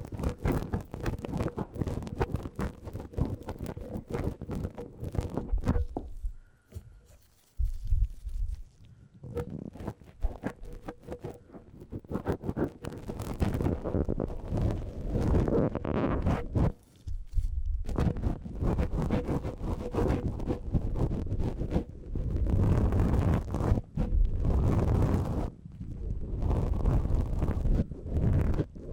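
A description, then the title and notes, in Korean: A tip brush sweeps across a microphone in quick, dense swishing strokes, scratchy and full with a heavy low rumble underneath. The brushing runs almost continuously, pausing briefly around 6 to 9 seconds and again near 17 and 27 seconds. 마이크를 팁브러시로 슥슥 ASMR (feat. 라텍스장갑, no talking).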